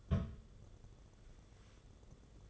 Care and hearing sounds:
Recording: daily activity, microphone in the room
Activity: place on stove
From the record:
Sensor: 4

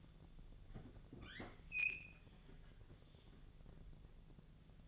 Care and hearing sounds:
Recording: daily activity, microphone in the room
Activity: open fridge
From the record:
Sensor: 4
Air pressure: 1000.8 hPa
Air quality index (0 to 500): 132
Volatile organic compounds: 2 ppm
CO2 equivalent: 982 ppm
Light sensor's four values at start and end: 31/75/31/34 and 29/69/29/31

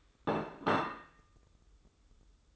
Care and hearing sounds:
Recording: daily activity, microphone in the room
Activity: place plate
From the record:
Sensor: 3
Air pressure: 995.2 hPa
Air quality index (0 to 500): 75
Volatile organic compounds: 5 ppm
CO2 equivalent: 1754 ppm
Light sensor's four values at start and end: 15/45/19/15 and 15/45/19/15

